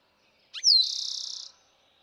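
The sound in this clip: Eastern Towhee song: a brief lower note, a bright downslurred whistle, then a fast buzzy trill that stops abruptly.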